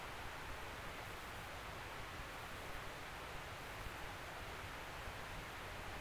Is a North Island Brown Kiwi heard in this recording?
no